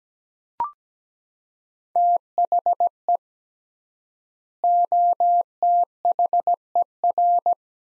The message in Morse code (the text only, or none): THE OTHER